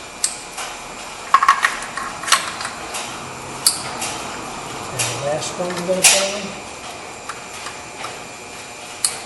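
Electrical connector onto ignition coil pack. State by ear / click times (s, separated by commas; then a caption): seated / 9.1 s. An electrical connector is plugged onto the last ignition coil pack while someone talks, with handling clatter and sharp clicks along the way. The connector snaps into place at 9.1 s, locking it in.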